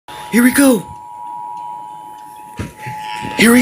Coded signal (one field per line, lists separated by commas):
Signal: Emergency Alert System (SAME) tones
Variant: 853 and 960 Hz attention tone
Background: speech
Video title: (1.7K SUBSCRIBERS SPECIAL) (EAS) Required Monthly Test